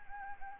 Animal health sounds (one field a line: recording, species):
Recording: mosquito wingbeat signal from an infrared sensor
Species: Anopheles gambiae